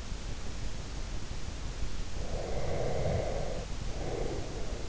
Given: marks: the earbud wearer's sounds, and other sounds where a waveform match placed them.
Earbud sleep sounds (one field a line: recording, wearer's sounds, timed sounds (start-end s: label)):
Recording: sounds in sleep by an in-ear microphone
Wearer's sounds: snoring breath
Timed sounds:
2.23-4.88 s: snoring breath